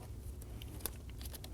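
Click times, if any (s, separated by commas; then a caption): none. A wiring connector is handled while being pushed onto the second switch under the steering column of a 2008-2015 Scion xB during an ignition starter switch replacement. Only faint handling and rustling sounds are heard over a low background hum. Nothing has seated or clicked yet.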